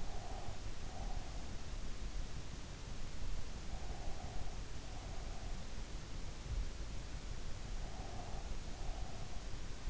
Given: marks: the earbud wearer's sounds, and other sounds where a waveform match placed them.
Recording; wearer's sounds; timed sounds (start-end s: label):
sounds in sleep by an in-ear microphone; breath
0.00-1.76 s: breath
3.81-5.80 s: breath
7.89-9.80 s: breath